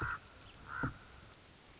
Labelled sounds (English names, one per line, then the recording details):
Common Raven
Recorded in Sonoma County, California